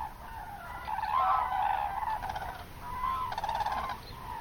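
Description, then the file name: Common crane calls in two bursts of bugling honks, with a rapid clicking rattle mixed into both bursts. "grus grus"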